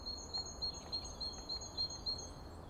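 Bird song with thin, high chirps repeated about three times a second over faint background hiss.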